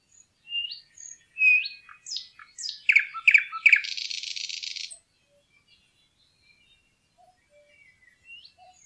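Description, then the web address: Thrush nightingale song: a few clear whistled notes, then loud rhythmic chock notes repeated about three times a second, ending in a dry buzzing rattle, followed by quiet with faint chirps. "fuglelyder-1 nattergal"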